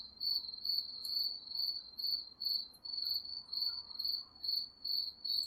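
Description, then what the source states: Crickets chirping in steady high-pitched pulses, short bursts repeating a little over twice per second with slight pauses, against a quiet background. Recorded at night.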